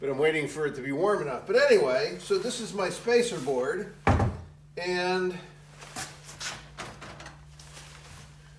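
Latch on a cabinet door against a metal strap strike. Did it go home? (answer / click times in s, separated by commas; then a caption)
no / none. A cabinet door on a garage urinal setup is swung shut against the metal strapping it used to latch on, with a loud thunk around 4.1 seconds while someone talks. The latch fails to catch on the metal strap, so nothing has clicked or seated yet, and the strapping needs adjusting.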